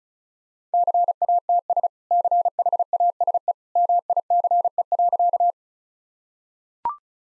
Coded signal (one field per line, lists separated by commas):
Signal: Morse code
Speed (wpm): 34 wpm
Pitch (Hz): 700 Hz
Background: none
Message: CATS CHASE MICE.